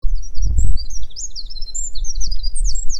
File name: Troglodytes troglodytes